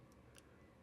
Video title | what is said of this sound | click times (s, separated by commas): Polaris Ranger 1500 XD - RAVEK Speakeasy Turn Signal Kit Installation Walkthrough | You can see it come through. And they actually do clip right nicely and tight. | 0.4 s